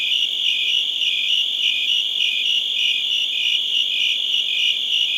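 Cricket with rapid, shrill pulsing chirps in a constant trill, unbroken throughout.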